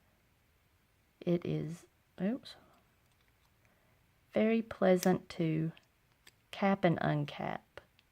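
A pen cap is being handled over the body of a small pocket fountain pen while someone talks, with a few faint ticks near the end. The cap has not snapped shut yet; nothing has seated or clicked in this clip.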